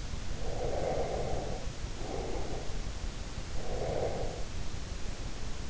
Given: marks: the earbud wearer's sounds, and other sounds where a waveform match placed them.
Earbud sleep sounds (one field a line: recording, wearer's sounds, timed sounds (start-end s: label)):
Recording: sounds in sleep by an in-ear microphone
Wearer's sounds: breath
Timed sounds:
0.22-2.82 s: breath
3.42-4.62 s: breath